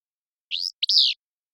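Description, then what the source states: Willow flycatcher delivering one quick buzzy phrase: a short rising note, then a rough, raspy burr that falls away at the end. Song described as buzzy, sharp, staccato syllables, a fitz-pew.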